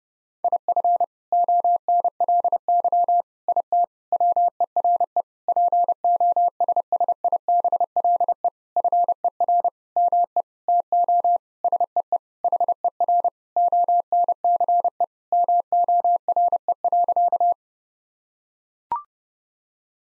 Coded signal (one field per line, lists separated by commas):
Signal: Morse code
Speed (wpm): 30 wpm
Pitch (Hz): 700 Hz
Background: none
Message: IF ONLY IT WERE POSSIBLE FER ME TO SEE HER ONCE MORE.